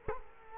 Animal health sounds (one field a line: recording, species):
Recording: mosquito wingbeat signal from an infrared sensor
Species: Culex quinquefasciatus